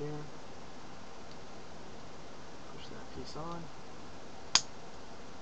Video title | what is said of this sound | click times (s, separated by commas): RX 77 2 Guncannon pt 3 | Hear it click. | 4.5 s